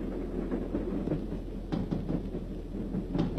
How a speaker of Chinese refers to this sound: 一列军用火车在夜色中奔驰而过，林彪在车厢里正看书。